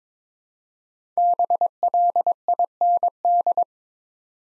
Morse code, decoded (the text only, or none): BLIND